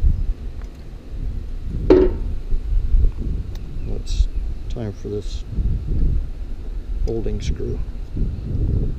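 A replacement control cable is pushed into its housing on a shallow-water anchor until it stops, and it seats with a sharp, loud hit at 1.9 s as the cable end bottoms out in the housing. Someone talks throughout, over low rumbling background noise.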